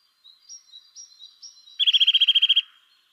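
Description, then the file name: Eurasian nuthatch calls: a few faint, thin whistled notes, then a loud, rapid trill of even notes lasting under a second. "Sitta europaea"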